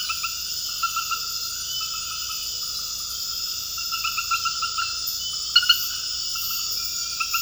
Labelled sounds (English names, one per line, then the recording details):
none
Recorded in secondary vegetation near Puerto Asís, Putumayo, Colombia, on 18 February 2024 at 23:00
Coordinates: 0.481, -76.323
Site G6376